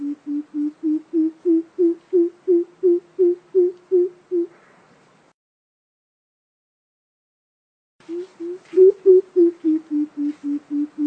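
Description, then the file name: Coucal giving a long run of deep, hollow hoots about three per second, a pause, then another series that rises slightly before falling back. "tieng keu chim bim bip"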